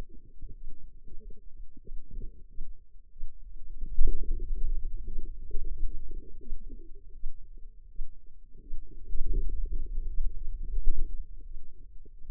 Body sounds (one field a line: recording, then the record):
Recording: forearm muscle sounds (acoustic myography)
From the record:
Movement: hand opening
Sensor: system 2, bracelet of six BSWA MPA416 microphones around the upper forearm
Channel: 1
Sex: female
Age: 25 years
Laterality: right